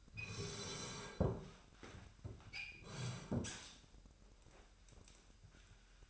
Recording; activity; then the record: daily activity, microphone in the room; sit down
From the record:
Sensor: 2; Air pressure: 998.4 hPa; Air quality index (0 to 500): 126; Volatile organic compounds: 3 ppm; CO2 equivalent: 1426 ppm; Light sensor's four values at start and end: 5/13/5/6 and 6/15/6/6